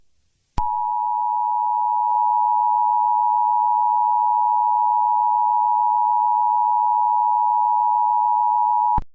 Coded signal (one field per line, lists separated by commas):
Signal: Emergency Alert System (SAME) tones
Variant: 853 and 960 Hz attention tone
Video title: EAS Scenario | Chicken Jockey Invasion (#91)